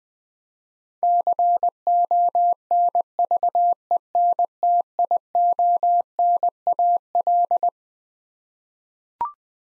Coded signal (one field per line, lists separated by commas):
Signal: Morse code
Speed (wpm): 21 wpm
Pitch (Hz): 700 Hz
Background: none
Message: CONVENTIONAL